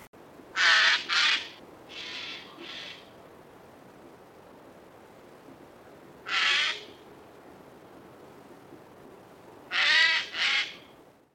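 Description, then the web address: Eurasian jay giving harsh, raspy screeches, mostly in quick pairs, with long pauses between bursts over a quiet background. "сойка"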